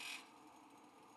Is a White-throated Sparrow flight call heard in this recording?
no